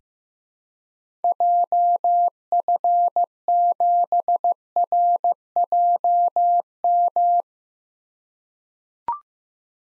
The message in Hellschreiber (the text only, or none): none